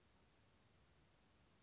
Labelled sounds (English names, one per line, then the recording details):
Western Flycatcher
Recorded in Sonoma County, California